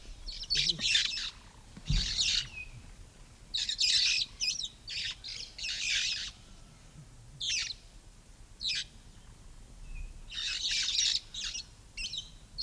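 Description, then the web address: Red-fronted parrot uttering repeated shrill, rasping screeches, some doubled, with only brief pauses between. "parrots poicephalus-gulielmi"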